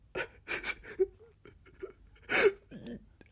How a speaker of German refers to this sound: Herr …, was haben Sie denn? Herr …, ja. Sie weinen ja.